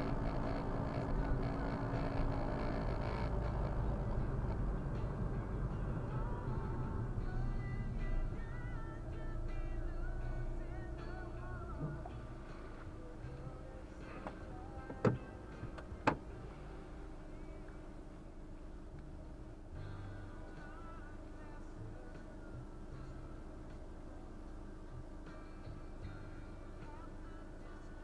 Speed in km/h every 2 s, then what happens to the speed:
51, 50, 46, 25, 13, 3, 0, 0, 0, 0, 0, 0, 0, 0.
3-11 brakes to 0. 11-28 standing.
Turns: none.